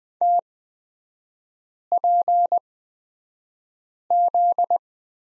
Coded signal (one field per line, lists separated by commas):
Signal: Morse code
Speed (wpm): 20 wpm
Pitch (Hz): 700 Hz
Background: none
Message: TPZ